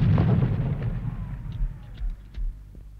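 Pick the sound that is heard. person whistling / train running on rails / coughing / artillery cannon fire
artillery cannon fire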